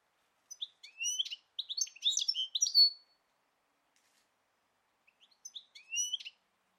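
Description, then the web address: Bird song: two bursts of quick, varied high chirps and slurred whistles, one from about half a second to three seconds and a shorter one near the end. "Deverinetal"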